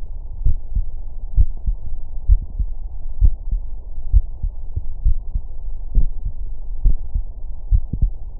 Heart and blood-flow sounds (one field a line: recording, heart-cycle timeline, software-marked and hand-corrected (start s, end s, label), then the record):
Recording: heart sounds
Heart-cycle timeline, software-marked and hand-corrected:
0.00	0.43	diastole
0.43	0.57	S1
0.57	0.75	systole
0.75	0.85	S2
0.85	1.35	diastole
1.35	1.49	S1
1.49	1.67	systole
1.67	1.77	S2
1.77	2.27	diastole
2.27	2.41	S1
2.41	2.59	systole
2.59	2.69	S2
2.69	3.21	diastole
3.21	3.33	S1
3.33	3.51	systole
3.51	3.63	S2
3.63	4.13	diastole
4.13	4.25	S1
4.25	4.43	systole
4.43	4.51	S2
4.51	5.03	diastole
5.03	5.15	S1
5.15	5.33	systole
5.33	5.43	S2
5.43	5.95	diastole
5.95	6.09	S1
6.09	6.25	systole
6.25	6.33	S2
6.33	6.83	diastole
6.83	6.95	S1
6.95	7.13	systole
7.13	7.23	S2
7.23	7.71	diastole
7.71	7.81	S1
7.81	8.01	systole
8.01	8.13	S2
8.13	8.40	diastole
From the record:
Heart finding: coronary artery disease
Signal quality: good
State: rest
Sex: male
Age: 59 years